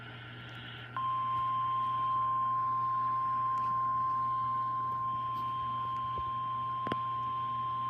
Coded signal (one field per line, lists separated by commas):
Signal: Emergency Alert System (SAME) tones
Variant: 1050 Hz attention tone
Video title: Tornado Watch Ext. EAS #9 Springfield MO